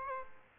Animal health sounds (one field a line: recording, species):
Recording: mosquito wingbeat signal from an infrared sensor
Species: Aedes aegypti